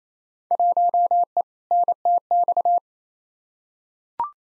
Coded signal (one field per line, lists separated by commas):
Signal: Morse code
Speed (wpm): 28 wpm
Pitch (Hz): 700 Hz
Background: none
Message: 1E NTX